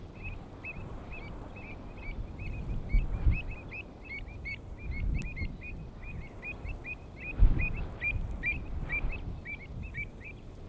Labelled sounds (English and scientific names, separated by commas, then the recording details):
Pied Avocet (Recurvirostra avosetta) call
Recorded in the wild
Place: Landow, Insel Rügen, Mecklenburg-Vorpommern, DE
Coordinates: 54.404, 13.263
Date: 1969-06-29
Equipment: Nagra III BH, Sennheiser MD 421, parabola
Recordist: Schubert, Michael
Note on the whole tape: Wiesen vor Landow: Säbelschnäbler über den Jungen rufend MD 421